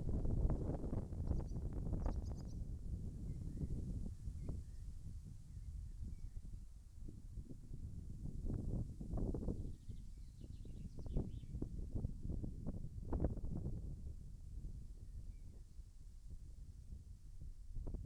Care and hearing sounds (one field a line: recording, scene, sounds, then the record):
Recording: everyday scene through a hearing-aid microphone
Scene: wind on the microphone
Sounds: wind, birds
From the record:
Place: in front of a rural house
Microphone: behind the ear, left, rear